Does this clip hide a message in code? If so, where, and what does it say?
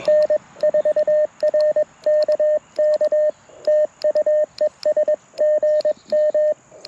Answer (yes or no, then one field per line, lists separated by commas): yes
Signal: Morse code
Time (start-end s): 0.1-6.5 s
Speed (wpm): 21 wpm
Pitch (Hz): 610 Hz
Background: radio noise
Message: N4RKK TU ES GM